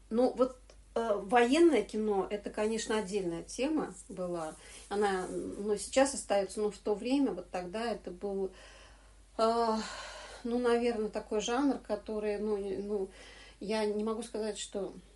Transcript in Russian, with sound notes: Но вот военное кино – это, конечно, отдельная тема была – она, ну, и сейчас остается, но в то время, вот, тогда это был [выдох] ну наверное, такой жанр, который, ну, я не могу сказать, что…